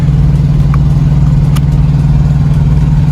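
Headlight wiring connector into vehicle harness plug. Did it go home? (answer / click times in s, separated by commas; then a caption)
yes / 0.7 s, 1.6 s. A plastic connector for a blackout halo headlight on a Kenworth truck is pushed back into the vehicle harness plug after it first went in without a click. Sharp clicks at 0.7 s and 1.6 s show it seating, over a steady low engine hum. The connector is now seated.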